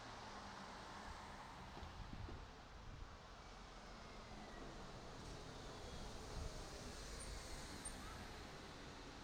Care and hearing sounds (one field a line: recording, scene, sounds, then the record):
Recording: everyday scene through a hearing-aid microphone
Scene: in traffic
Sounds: traffic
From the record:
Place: city secondary road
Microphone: in the ear canal, right